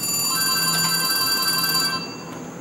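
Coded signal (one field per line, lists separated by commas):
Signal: none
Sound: a phone's ringtone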